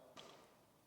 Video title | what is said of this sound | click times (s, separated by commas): Training for the wind industry at Safer at Work, Gateshead (Newcastle upon Tyne). | And we're going to pull this sharply twice just to make sure that it does in fact lock into place. | 0.2 s